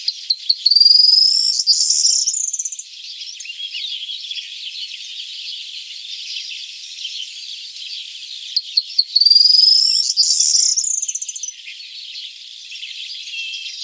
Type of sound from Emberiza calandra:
song